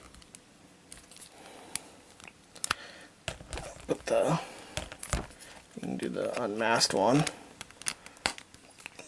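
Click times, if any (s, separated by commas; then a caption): 8.3 s. Someone talks while pushing the swappable unmasked head onto the neck peg of a 12-inch plastic Marvel Legends Spider-Man action figure, with faint crinkling and small handling clicks. A sharp pop at 8.3 s marks the head seating on the peg, and it fits.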